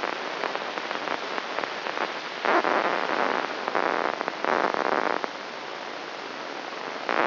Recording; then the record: brain microelectrode recording played as sound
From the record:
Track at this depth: outside the subthalamic nucleus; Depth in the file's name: 0.315 mm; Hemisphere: left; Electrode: 3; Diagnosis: Parkinson's disease